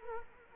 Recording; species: mosquito wingbeat signal from an infrared sensor; Culex quinquefasciatus